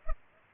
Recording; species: mosquito wingbeat signal from an infrared sensor; Culex pipiens